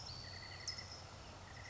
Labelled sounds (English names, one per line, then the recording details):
California Towhee
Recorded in Sonoma County, California